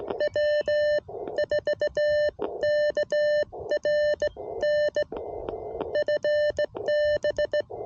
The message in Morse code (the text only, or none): W4KRN FB